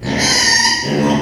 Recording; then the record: squeal of a Yucatan mini pig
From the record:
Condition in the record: before surgery on the right vocal fold (resection and tissue-engineered implant); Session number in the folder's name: 2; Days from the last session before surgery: 0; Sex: male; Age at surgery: 12 weeks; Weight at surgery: 13 kg